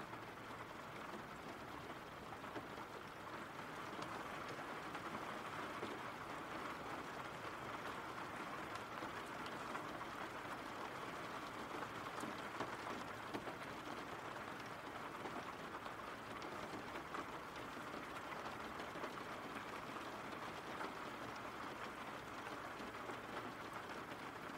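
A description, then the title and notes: Rain falls in a steady, dense hiss that holds at an even level for the whole stretch, with no pauses or swells. The sound is fullest in the middle and upper range, with a faint low rumble underneath and scattered tiny ticks of drops throughout. RAIN SOUNDS.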